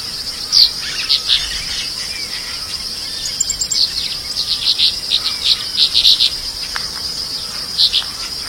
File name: canto da andorinha serradora